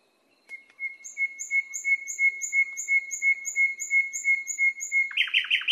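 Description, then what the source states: Nightingale song: a steady pure whistled note repeated rapidly and evenly for several seconds, ending in loud buzzy descending notes. Masteran recording, made for training cage birds to sing.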